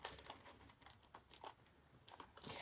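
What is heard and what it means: A newly set metal snap fastener on a leather wallet flap is pressed closed to test it, with soft tapping and pressing sounds as it resists at first. It snaps shut with a sharp click at 2.4 s, confirming the snap is seated.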